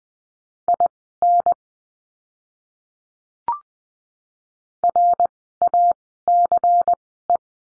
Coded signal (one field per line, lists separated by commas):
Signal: Morse code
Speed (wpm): 20 wpm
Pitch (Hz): 700 Hz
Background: none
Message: IN RACE